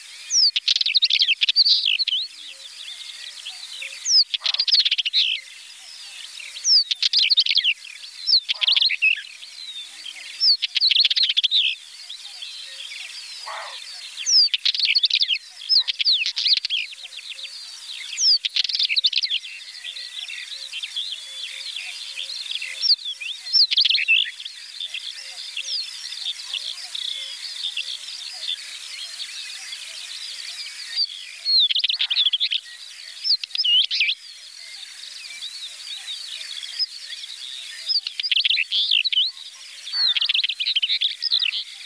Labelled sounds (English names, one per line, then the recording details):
Northern Wheatear song
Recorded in the wild
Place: Neuenwalde / Cuxhaven, Schleswig-Holstein, DE
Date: 1985-05-22
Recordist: Schwarz, Dieter